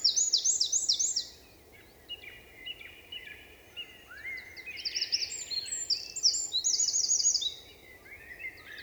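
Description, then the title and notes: Eurasian wren delivering a burst of trills, quieter notes, then a second vigorous song phrase of rapid high notes and rattles, with constant low noise beneath. Eurasian wren in forest at Val Maravel, 27 March 2020; vigorous, nervous song asserting its presence to potential rivals; recorded in stereo on Nagra Seven with MKH8040. "UN VENT DE TROGLODYTE. 27 mars 2020-Val Maravel - Nagra seven - stéréo - mkh8040 Un Troglodyte mignon (Troglodytes troglodytes) affirme par son chant vigoureux sa présence à tout concurrent potentiel.Chanteur de la forêt son chant nerveux est toujours impressionnant de puissance"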